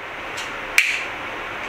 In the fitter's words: Oh, you hear the pop?